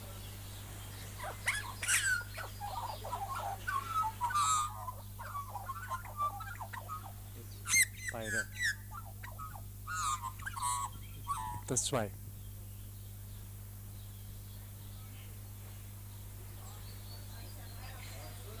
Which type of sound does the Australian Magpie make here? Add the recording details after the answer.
song. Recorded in captivity. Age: adult. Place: Zoo Berlin, Berlin, DE. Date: 2004-04-22 15:37. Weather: fair, 22-24°C. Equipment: Fair Mate ST-1328 (Asahi Electronics, Japan), Sennheiser ME 80, Kopie Uher 4000 Report Monitor. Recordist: Tembrock, Günter. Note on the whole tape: Weissrückenflötenvogel (G.t.hypoleuca), zwei Tiere: Lautfolgen